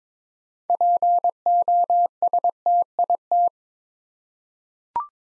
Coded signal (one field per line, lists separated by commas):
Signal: Morse code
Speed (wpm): 22 wpm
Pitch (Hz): 700 Hz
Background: none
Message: POSTIT